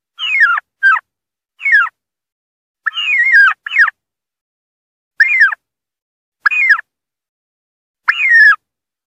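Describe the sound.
Turkey distress call: strained, downward-slurred yelps, a few quick pairs early, then single notes spaced by pauses of a second or more.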